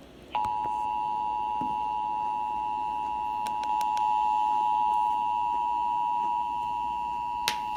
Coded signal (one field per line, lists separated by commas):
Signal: Emergency Alert System (SAME) tones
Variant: 853 and 960 Hz attention tone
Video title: EAS Severe Thunderstorm Warning 8/18/2020 2